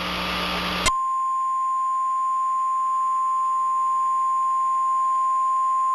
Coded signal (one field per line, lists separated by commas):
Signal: Emergency Alert System (SAME) tones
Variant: 1050 Hz attention tone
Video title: if there was an eas during the 1997 mr men show